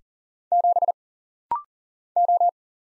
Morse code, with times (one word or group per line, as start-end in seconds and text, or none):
0.5-0.9 7
2.2-2.5 O